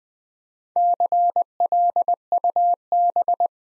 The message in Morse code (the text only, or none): CLUB